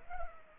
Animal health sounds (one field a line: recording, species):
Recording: mosquito wingbeat signal from an infrared sensor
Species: Culex pipiens